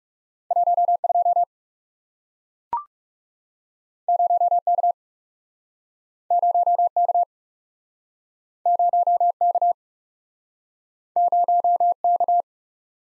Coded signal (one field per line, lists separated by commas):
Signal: Morse code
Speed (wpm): 41 wpm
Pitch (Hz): 700 Hz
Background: none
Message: 1 2 0 K 0 K 0 K 0 K